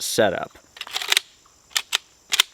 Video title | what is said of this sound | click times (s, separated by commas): NatureHike's New Chair is Game Changing! - Truly Instant Set-up - LY01 | Locks into place. | 1.8 s, 1.9 s